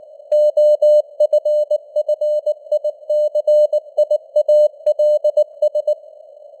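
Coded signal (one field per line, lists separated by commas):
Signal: Morse code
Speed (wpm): 19 wpm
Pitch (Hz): 600 Hz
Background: none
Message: OFFICIALS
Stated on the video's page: Simulated news headlines at 19 wpm with artificial radio noise and varying signal strength (QSB fading).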